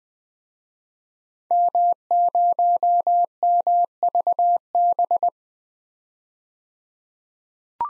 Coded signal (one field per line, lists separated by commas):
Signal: Morse code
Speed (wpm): 21 wpm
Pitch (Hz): 700 Hz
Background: none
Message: M0MVB